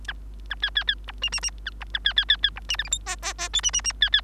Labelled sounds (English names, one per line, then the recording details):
Bengalese Finch song
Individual Bird3